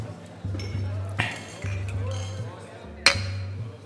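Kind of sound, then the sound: household object, glasses clinking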